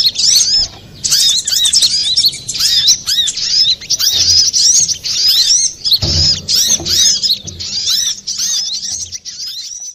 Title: Masteran Burung Sogok Ontong Labaik